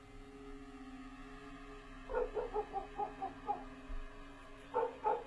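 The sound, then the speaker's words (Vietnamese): A black dog barks outside in the yard at night in a rapid burst of sharp, repeated yaps, then falls silent briefly before two more quick barks, all over a steady low hum. “Cùng lúc, ở ngoài sân, tiếng con chó mực nó sủa lên inh ỏi.”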